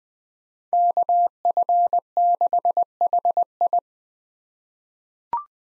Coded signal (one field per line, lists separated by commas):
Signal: Morse code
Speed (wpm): 20 wpm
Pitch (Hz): 700 Hz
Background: none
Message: KF6HI